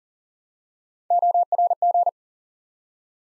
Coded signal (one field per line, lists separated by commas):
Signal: Morse code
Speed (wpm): 40 wpm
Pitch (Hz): 700 Hz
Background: none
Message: ORG